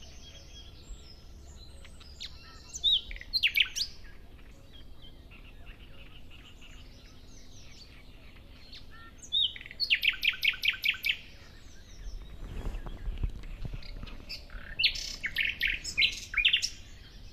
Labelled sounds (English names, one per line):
Common Nightingale song